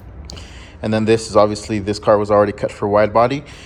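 A small plastic locking clip for the fuel door is pushed onto its mount in the rear quarter panel gas cap housing of a BRZ fitted with an FRS rear end, after the rubber seal around the gas cap area is overlapped. One sharp click is heard at 0.3 s as the clip seats in place, followed by someone talking.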